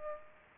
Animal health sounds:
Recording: mosquito wingbeat signal from an infrared sensor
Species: Aedes aegypti

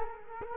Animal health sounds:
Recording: mosquito wingbeat signal from an infrared sensor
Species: Culex quinquefasciatus

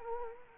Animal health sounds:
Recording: mosquito wingbeat signal from an infrared sensor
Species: Anopheles gambiae

